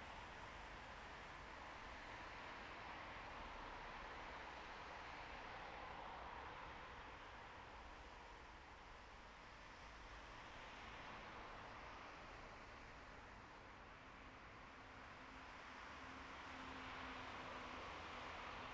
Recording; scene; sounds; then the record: everyday scene through a hearing-aid microphone; in traffic; traffic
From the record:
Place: bus stop on a city main road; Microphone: behind the ear, right, front